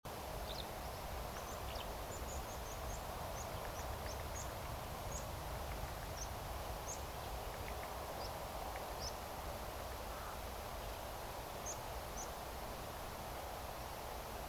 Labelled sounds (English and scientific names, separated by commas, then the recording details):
Eurasian Skylark (Alauda arvensis), unidentified sound, Meadow Pipit (Anthus pratensis)
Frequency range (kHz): Eurasian Skylark (Alauda arvensis) 2.2-6.4 kHz; Meadow Pipit (Anthus pratensis) 3.8-8.1 kHz
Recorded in France